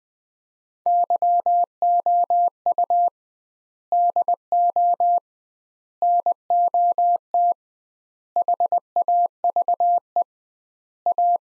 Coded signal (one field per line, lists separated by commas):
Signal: Morse code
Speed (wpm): 20 wpm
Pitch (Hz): 700 Hz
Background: none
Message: YOU DO NOT HAVE A